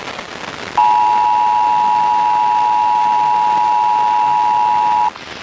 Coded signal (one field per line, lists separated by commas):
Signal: Emergency Alert System (SAME) tones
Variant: 853 and 960 Hz attention tone